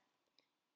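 While reinstalling the rider seat after a battery change on a Yamaha FZ07 motorcycle, the seat is lowered onto the body and its tab goes into the groove on the bracket. A sharp click at 0.3 s is followed by a fainter tick at 0.4 s against quiet background noise. The seat pops into place and is seated.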